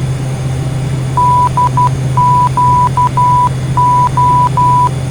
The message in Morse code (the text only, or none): DQO